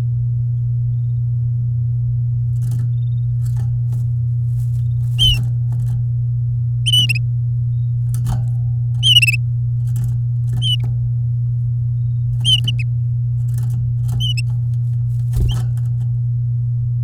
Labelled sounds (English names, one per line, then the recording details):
Domestic Canary song
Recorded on 9 May 2018 at 08:14
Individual llb16